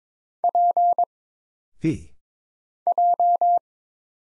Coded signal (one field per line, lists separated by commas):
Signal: Morse code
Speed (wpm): 22 wpm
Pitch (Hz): 700 Hz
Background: none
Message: P J